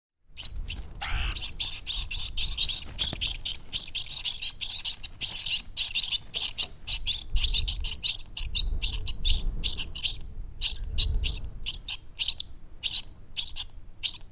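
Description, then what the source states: Bird chicks chirping in a dense, continuous high scratchy chorus, with rapid overlapping calls and only brief gaps throughout. Chicks about three weeks old, chirping in the nest while seeking food.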